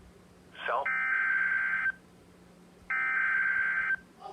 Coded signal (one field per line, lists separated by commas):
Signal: Emergency Alert System (SAME) tones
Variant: header bursts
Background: speech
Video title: EAS 87 SEVERE THUNDERSTORM WARNING